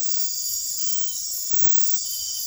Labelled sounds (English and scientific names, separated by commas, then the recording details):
none
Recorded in dense forest near Puerto Asís, Putumayo, Colombia, on 9 March 2025 at 03:00
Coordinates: 0.503, -76.323
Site GP09